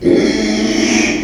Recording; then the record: squeal of a Yucatan mini pig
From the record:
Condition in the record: after surgery on the right vocal fold (resection and tissue-engineered implant); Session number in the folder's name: 2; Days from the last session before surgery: 13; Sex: male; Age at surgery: 12 weeks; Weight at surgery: 13 kg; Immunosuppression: cyclosporine, prednisolone